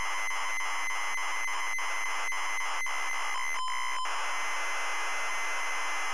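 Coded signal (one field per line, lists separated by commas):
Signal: ZX Spectrum tape loading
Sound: harsh buzzing data noise in short repeated chunks, then a brief steady tone and more buzzing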